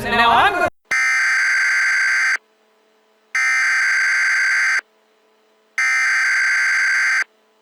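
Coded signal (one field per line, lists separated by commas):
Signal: Emergency Alert System (SAME) tones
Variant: header bursts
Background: speech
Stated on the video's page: Fictional EAS scenario, a simulated alert about an illness outbreak, not a real broadcast.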